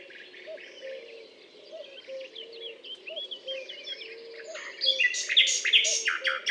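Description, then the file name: Common nightingale song, quiet twittering slurs building into a loud burst of sharp, rapidly repeated notes, while low soft notes repeat regularly in the background. Recorded on a limestone hill, Butte calcaire de Gratacap, France, on 19 May 2012. "rossignol philomele Butte calcaire de Gratacap"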